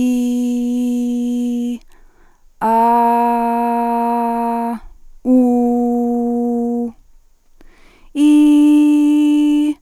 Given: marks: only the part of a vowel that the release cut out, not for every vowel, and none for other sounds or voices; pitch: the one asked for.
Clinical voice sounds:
sustained vowels; female; 40 to 49 years; 0; 0; 0
0.00-1.68 s: vowel /i/, normal pitch
2.71-4.67 s: vowel /a/, normal pitch
5.37-6.81 s: vowel /u/, normal pitch
8.24-9.63 s: vowel /i/, high pitch
From the record:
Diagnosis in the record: healthy voice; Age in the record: 44 years

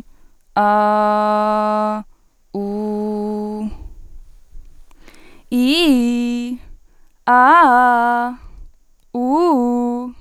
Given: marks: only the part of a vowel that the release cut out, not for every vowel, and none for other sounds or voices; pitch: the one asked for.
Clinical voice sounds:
sustained vowels; female; 20 to 29 years; 0; 0; 0
0.61-1.91 s: vowel /a/, low pitch
2.59-3.62 s: vowel /u/, low pitch
5.58-6.47 s: vowel /i/, low-high-low pitch
7.31-8.25 s: vowel /a/, low-high-low pitch
9.19-10.02 s: vowel /u/, low-high-low pitch
From the record:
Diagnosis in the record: healthy voice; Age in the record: 21 years

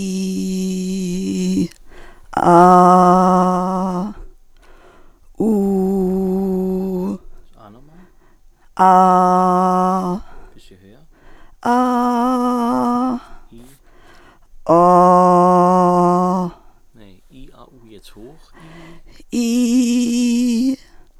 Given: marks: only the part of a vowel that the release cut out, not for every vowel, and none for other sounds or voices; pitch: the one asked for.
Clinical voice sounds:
sustained vowels; female; 50 to 59 years; 0; 0; 0
0.00-1.51 s: vowel /i/, normal pitch
5.49-6.94 s: vowel /u/, normal pitch
9.01-9.96 s: vowel /a/, normal pitch
19.46-20.54 s: vowel /i/, high pitch
From the record:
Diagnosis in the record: Reinke's edema, hyperfunctional dysphonia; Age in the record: 59 years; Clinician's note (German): Rückläufig

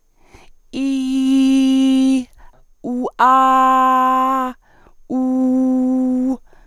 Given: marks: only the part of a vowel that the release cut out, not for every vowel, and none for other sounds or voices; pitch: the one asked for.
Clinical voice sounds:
sustained vowels; female; 50 to 59 years; 1; 1; 1
0.82-2.10 s: vowel /i/, high pitch
3.26-4.39 s: vowel /a/, high pitch
5.19-6.24 s: vowel /u/, high pitch
From the record:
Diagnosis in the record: dysphonia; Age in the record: 59 years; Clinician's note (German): Leichte funktionelle

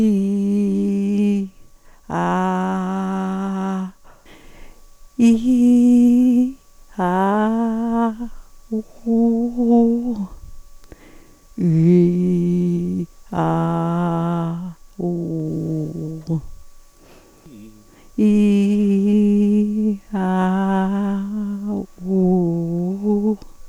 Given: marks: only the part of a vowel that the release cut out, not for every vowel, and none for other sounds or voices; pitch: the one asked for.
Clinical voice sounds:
sustained vowels; female; 60 to 69 years; 2; 2; 2
0.00-1.25 s: vowel /i/, normal pitch
2.22-3.72 s: vowel /a/, normal pitch
11.91-12.94 s: vowel /i/, low pitch
13.45-14.47 s: vowel /a/, low pitch
15.06-15.81 s: vowel /u/, low pitch
18.23-18.95 s: vowel /i/, low-high-low pitch
20.19-20.84 s: vowel /a/, low-high-low pitch
22.22-22.89 s: vowel /u/, low-high-low pitch
From the record:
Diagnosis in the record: recurrent laryngeal nerve paralysis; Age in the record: 62 years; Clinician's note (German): Kompensiert, rechts

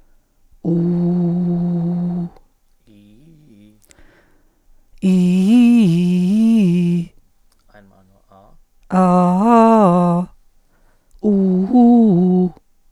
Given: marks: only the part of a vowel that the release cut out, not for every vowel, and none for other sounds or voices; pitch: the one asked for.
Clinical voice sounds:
sustained vowels; female; 50 to 59 years; 1; 0; 1
0.73-2.07 s: vowel /u/, low pitch
5.16-6.17 s: vowel /i/, low-high-low pitch
9.06-10.16 s: vowel /a/, low-high-low pitch
11.34-12.44 s: vowel /u/, low-high-low pitch
From the record:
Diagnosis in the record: functional dysphonia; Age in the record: 58 years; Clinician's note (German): Psychogene Komponente

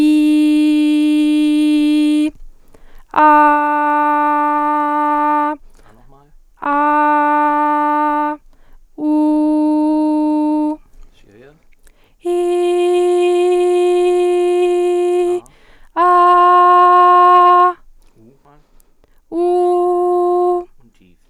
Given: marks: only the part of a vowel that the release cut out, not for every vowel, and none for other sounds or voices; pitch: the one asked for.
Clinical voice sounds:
sustained vowels; female; 20 to 29 years; 0; 0; 0
0.00-2.14 s: vowel /i/, normal pitch
6.77-8.23 s: vowel /a/, normal pitch
9.18-10.59 s: vowel /u/, normal pitch
12.59-13.79 s: vowel /i/, high pitch
16.24-17.58 s: vowel /a/, high pitch
19.43-20.46 s: vowel /u/, high pitch
From the record:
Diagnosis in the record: healthy voice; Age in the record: 20 years

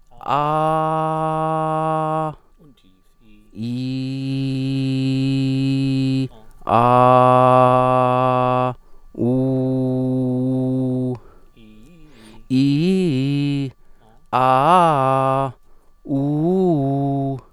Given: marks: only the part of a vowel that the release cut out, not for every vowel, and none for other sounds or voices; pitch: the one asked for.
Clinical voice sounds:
sustained vowels; male; 30 to 39 years; 0; 0; 0
0.40-2.17 s: vowel /a/, high pitch
4.33-6.11 s: vowel /i/, low pitch
6.79-8.61 s: vowel /a/, low pitch
9.32-11.05 s: vowel /u/, low pitch
12.58-13.58 s: vowel /i/, low-high-low pitch
14.39-15.36 s: vowel /a/, low-high-low pitch
16.19-17.29 s: vowel /u/, low-high-low pitch
From the record:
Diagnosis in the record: healthy voice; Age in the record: 37 years

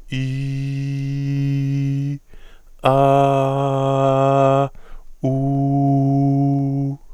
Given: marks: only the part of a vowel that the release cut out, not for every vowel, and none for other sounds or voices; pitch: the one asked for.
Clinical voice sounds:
sustained vowels; male; 30 to 39 years; 0; 0; 0
0.31-2.03 s: vowel /i/, low pitch
2.96-4.55 s: vowel /a/, low pitch
5.37-6.82 s: vowel /u/, low pitch
From the record:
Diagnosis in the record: healthy voice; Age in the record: 34 years

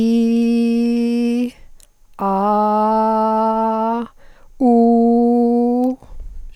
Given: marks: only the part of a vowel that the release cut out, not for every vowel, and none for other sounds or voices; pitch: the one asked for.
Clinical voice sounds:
sustained vowels; female; 50 to 59 years; 0; 0; 0
0.00-1.28 s: vowel /i/, normal pitch
2.44-3.79 s: vowel /a/, normal pitch
4.68-5.86 s: vowel /u/, normal pitch
From the record:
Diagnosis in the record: psychogenic dysphonia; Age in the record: 58 years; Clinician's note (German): Ponogen

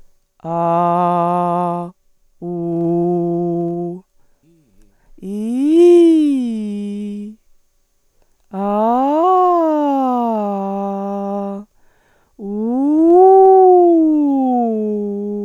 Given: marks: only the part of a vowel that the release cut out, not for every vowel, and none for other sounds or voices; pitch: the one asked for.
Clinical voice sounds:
sustained vowels; female; 20 to 29 years; 2; 0; 2
0.64-1.64 s: vowel /a/, low pitch
2.59-3.80 s: vowel /u/, low pitch
5.37-7.06 s: vowel /i/, low-high-low pitch
8.76-10.74 s: vowel /a/, low-high-low pitch
12.77-14.77 s: vowel /u/, low-high-low pitch
From the record:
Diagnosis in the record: hyperfunctional dysphonia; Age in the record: 29 years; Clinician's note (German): Leichte Form bei ausgebildeter Gesangsstimme

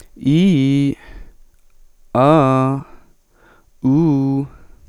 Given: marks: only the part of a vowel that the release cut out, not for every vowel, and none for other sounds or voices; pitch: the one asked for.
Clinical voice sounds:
sustained vowels; male; 20 to 29 years; 0; 0; 0
0.29-0.89 s: vowel /i/, low-high-low pitch
2.19-2.77 s: vowel /a/, low-high-low pitch
3.88-4.41 s: vowel /u/, low-high-low pitch
From the record:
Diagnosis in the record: healthy voice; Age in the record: 24 years

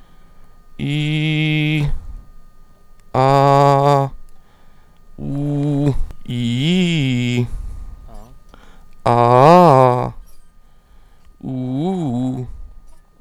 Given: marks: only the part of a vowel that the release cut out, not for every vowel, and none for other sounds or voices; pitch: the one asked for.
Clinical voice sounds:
sustained vowels; male; 30 to 39 years; 0; 0; 0
0.86-1.77 s: vowel /i/, low pitch
3.55-4.05 s: vowel /a/, low pitch
5.25-5.85 s: vowel /u/, low pitch
6.34-7.37 s: vowel /i/, low-high-low pitch
11.50-12.40 s: vowel /u/, low-high-low pitch
From the record:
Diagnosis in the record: healthy voice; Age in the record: 31 years

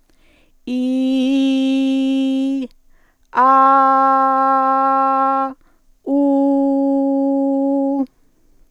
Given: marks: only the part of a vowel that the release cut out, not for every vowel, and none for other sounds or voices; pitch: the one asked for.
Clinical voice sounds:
sustained vowels; female; 50 to 59 years; 0; 0; 0
0.82-2.51 s: vowel /i/, low pitch
3.81-5.36 s: vowel /a/, low pitch
6.30-7.87 s: vowel /u/, low pitch
From the record:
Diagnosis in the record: healthy voice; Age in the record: 58 years

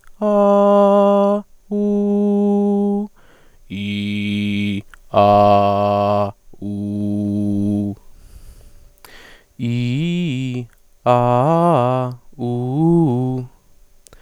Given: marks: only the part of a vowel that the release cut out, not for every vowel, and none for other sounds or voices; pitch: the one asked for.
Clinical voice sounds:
sustained vowels; male; 20 to 29 years; 0; 0; 0
0.37-1.33 s: vowel /a/, high pitch
1.87-3.00 s: vowel /u/, high pitch
3.81-4.77 s: vowel /i/, low pitch
5.31-6.19 s: vowel /a/, low pitch
6.80-7.86 s: vowel /u/, low pitch
9.71-10.57 s: vowel /i/, low-high-low pitch
11.15-12.03 s: vowel /a/, low-high-low pitch
12.48-13.37 s: vowel /u/, low-high-low pitch
From the record:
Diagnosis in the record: healthy voice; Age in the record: 20 years

